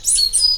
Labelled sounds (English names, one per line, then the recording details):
Stitchbird song
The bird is a male
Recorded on Tiritiri Matangi Island, New Zealand, in 2005
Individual 17, of nest box 25